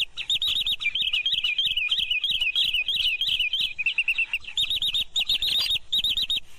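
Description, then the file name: Green sandpiper calling with rapid, high, rolling notes that run on without a break. "tieng choat bung trang"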